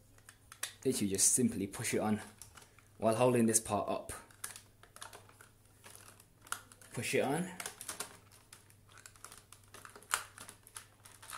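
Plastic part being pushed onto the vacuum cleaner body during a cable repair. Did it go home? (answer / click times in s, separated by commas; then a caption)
no / none. During a cable replacement on a Dyson DC07 vacuum cleaner, a plastic part is pushed onto the body while another part is held up. Someone talks over scattered light plastic taps and handling knocks. The part has not seated or clicked into place yet.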